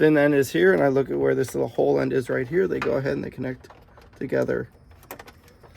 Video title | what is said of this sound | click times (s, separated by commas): Tacoma TRD Pro Grill ULTIMATE Acessories | till you hear that little snap, and then they're all snapped in. | 5.1 s